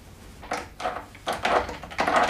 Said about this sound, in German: Das Schloss scheint verrostet zu sein. Ja, warte mal, vielleicht klemmt die Tür. Ich heb sie mal was an. So.